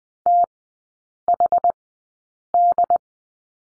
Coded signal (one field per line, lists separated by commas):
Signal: Morse code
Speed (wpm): 20 wpm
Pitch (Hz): 700 Hz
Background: none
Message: T H D